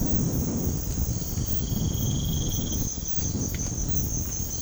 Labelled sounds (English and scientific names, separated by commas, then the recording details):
none
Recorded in pastures near Puerto Asís, Putumayo, Colombia, on 19 March 2025 at 00:30
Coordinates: 0.505, -76.324
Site GP08